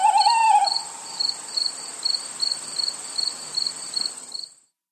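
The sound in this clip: Cricket chirping in short, high pulsed bursts in a steady series, after a low wavering call at the start, with a steady high hiss behind.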